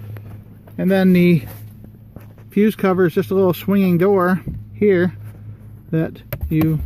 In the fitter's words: get this piece lined up right where you want it just click into place and then